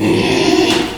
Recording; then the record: squeal of a Yucatan mini pig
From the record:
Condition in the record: after surgery on the right vocal fold (resection and tissue-engineered implant); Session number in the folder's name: 2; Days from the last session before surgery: 13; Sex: male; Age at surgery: 12 weeks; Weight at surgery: 13 kg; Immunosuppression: cyclosporine, prednisolone